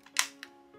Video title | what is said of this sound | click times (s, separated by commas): DJI Mavic 3 Pro Unboxing (Greek) -- In Out Techs | Και μπαίνει με τον ίδιο τρόπο και κουμπώνει. | 0.2 s